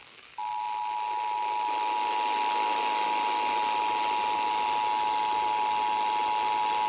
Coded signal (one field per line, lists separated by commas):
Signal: Emergency Alert System (SAME) tones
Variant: 853 and 960 Hz attention tone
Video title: EAS Alerts From 7/11/26: A Compilation (EAS 1305-1315)